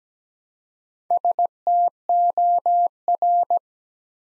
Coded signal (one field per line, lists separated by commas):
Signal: Morse code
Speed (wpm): 17 wpm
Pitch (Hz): 700 Hz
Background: none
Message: STOR